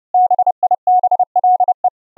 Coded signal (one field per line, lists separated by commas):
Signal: Morse code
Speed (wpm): 30 wpm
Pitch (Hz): 730 Hz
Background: none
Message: BIBLE